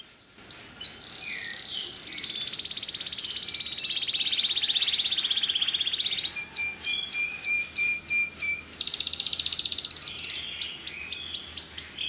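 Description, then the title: Canary song made of long sustained buzzy rolls, broken by staccato clicking notes and a fast high trill, delivered almost without pause. Canary tutor song (kalitan), singing actively (gacor) with long song phrases (suara panjang). "Kenari Kalitan Gacor Suara Panjang"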